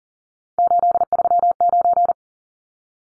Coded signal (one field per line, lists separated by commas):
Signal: Morse code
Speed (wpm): 40 wpm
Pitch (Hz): 700 Hz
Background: none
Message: 839